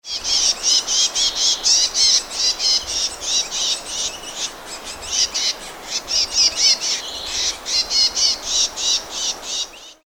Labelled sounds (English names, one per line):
Willow Warbler